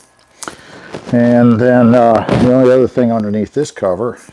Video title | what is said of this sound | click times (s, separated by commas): 4G cellular solar security Camera by Soliom unbox and setup review | it is and it should click right into place just like that | 0.4 s